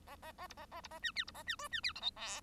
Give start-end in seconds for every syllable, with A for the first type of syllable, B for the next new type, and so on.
0.07-0.16 A, 0.22-0.32 A, 0.38-0.47 A, 0.49-0.54 B, 0.57-0.66 A, 0.71-0.81 A, 0.83-0.88 B, 0.91-0.99 A, 1.02-1.11 C, 1.15-1.24 D, 1.27-1.31 B, 1.34-1.43 A, 1.46-1.56 C, 1.58-1.68 E, 1.71-1.80 C, 1.83-1.93 D, 1.95-2.01 F, 2.01-2.10 G, 2.16-2.41 H